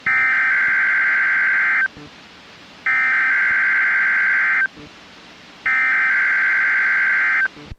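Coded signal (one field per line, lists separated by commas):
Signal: Emergency Alert System (SAME) tones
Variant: header bursts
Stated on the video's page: Required Weekly Test from a NOAA weather radio transmitter, received on a Sangean radio, screen recorded.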